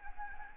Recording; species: mosquito wingbeat signal from an infrared sensor; Anopheles gambiae